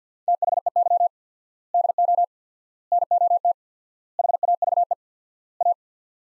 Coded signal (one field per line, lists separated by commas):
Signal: Morse code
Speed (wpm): 50 wpm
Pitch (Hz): 700 Hz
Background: none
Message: THEY DO NOT HAVE A